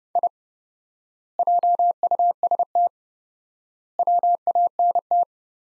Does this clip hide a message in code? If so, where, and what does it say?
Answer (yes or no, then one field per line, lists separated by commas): yes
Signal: Morse code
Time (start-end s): 0.2-5.2 s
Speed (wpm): 28 wpm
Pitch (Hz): 700 Hz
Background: none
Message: I JUST WANT